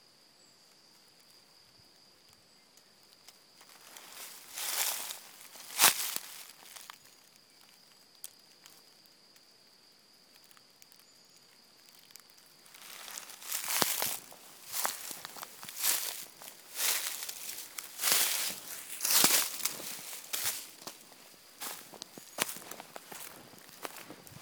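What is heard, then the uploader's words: Footsteps crunch through dry leaves on a forest walk, bright, coming in a short burst near five seconds, then in a steadier run from about thirteen seconds on. A thin, high, steady insect-like whine hangs in the quiet first half. Forrest Walk in Bergerac, France.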